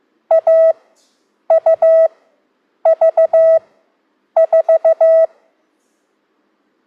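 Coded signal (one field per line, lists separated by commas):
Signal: Morse code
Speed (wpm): 15 wpm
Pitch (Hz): 650 Hz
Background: none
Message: A U V 4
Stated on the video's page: Morse class practice introducing characters A, U, V and 4.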